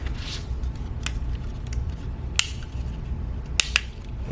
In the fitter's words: It literally just snaps right in place.